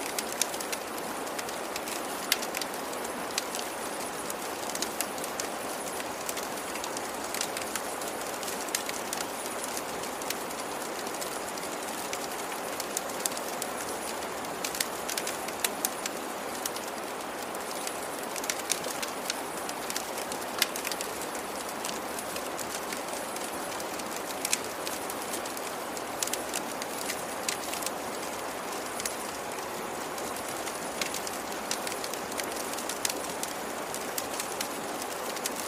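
A campfire crackles beside a flowing river. The water makes a steady, dense hiss that stays even for the whole stretch, while sharp little pops and snaps from the fire break through irregularly but often, sometimes in quick clusters.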